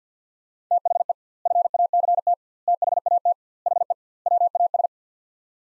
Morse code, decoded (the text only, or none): THE FACT THAT HE WAS